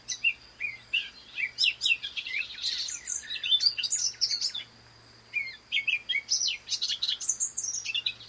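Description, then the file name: Eurasian blackcap warble of short, rapid high notes in bursts, one brief silence near the middle, then more scratchy twittering. "Sylvia atricapilla"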